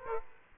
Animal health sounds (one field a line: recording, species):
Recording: mosquito wingbeat signal from an infrared sensor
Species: Aedes aegypti